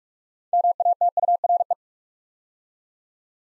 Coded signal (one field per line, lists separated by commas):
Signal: Morse code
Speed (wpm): 44 wpm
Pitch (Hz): 700 Hz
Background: none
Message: MATURE